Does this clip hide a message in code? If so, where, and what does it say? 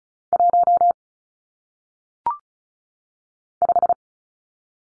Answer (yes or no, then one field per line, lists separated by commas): yes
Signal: Morse code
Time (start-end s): 0.3-3.9 s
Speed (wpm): 36 wpm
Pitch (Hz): 700 Hz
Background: none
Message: 1 5